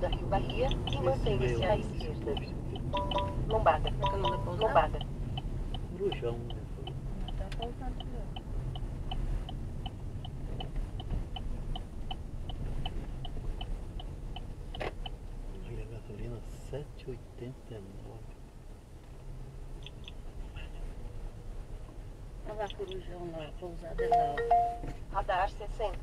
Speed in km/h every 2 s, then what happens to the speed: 29, 25, 19, 15, 14, 12, 9, 7, 5, 5, 5, 5, 6.
0-16 slows to 5. 16-26 steady at about 5.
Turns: none.